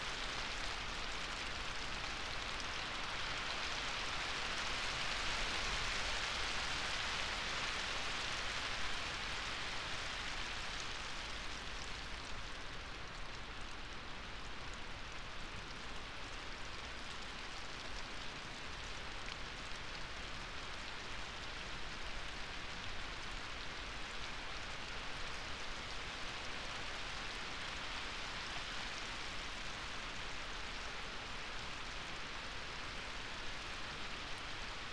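Rain falls at night on a drystone wall, a dense, steady hiss of countless drops with no pauses. The first ten seconds sound a little brighter and fuller before the patter settles to a slightly softer, even wash that holds to the end.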